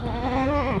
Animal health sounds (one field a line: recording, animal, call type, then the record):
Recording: contact call of a hoofed animal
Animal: goat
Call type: low-frequency (closed-mouth) or high-frequency (open-mouth) call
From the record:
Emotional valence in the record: negative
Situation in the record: short social isolation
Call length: 0.80 s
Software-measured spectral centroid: 1470 Hz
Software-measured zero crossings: 1330 a second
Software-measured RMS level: -24 dBFS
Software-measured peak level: -12 dBFS